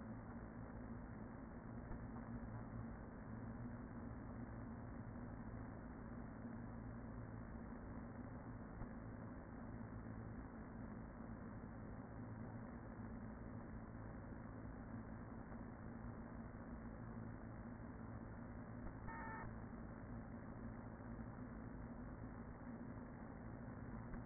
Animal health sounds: honeybee colony, microphone inside the hive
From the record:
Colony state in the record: queen present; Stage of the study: after two queens were removed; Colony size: about 40,000 bees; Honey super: no

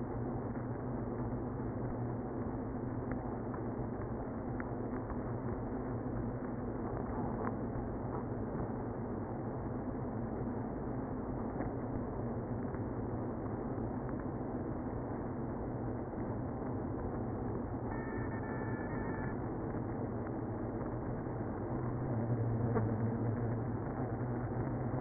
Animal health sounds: honeybee colony, microphone inside the hive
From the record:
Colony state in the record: queenless (queen removed); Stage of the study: after two queens were removed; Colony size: about 60,000 bees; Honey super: yes

